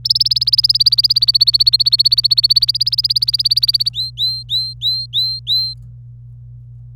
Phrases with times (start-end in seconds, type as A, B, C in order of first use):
0.05-3.89 A, 3.94-5.74 B